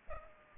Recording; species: mosquito wingbeat signal from an infrared sensor; Culex pipiens